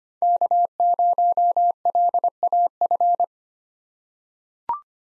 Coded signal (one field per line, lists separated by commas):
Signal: Morse code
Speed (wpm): 25 wpm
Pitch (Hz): 700 Hz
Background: none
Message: K0LAF